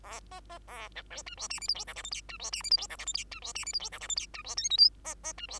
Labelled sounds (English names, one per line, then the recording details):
Bengalese Finch song
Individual Bird2